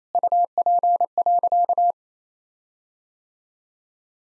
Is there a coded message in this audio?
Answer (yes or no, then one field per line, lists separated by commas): yes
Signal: Morse code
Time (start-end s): 0.1-1.9 s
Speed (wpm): 28 wpm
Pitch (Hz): 700 Hz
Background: none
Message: UP.